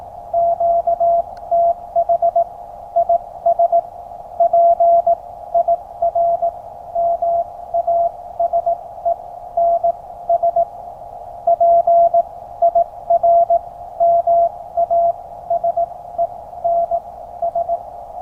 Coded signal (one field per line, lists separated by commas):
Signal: Morse code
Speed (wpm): 18 wpm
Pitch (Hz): 680 Hz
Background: none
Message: QTH IS PIRMASENS PIRMASENS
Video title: Time for prepping. Rapid deployment of QCX-mini and a 5m whip in the forest.